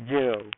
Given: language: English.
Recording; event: throat vibration sensor signal played as sound; speech